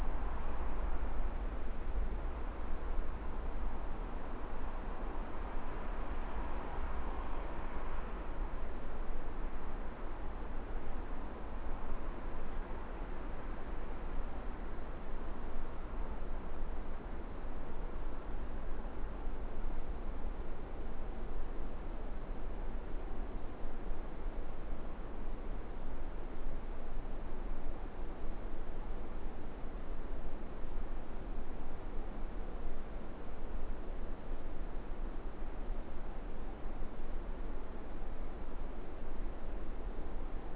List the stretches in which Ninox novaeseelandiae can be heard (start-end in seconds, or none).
18.60-19.45, 22.46-23.51, 27.15-28.11, 28.65-29.57, 36.02-36.64